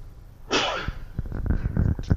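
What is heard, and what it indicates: A single sharp, hissing sneeze burst from an adult man, slightly muffled as he turns away from the microphone, followed by low background talk.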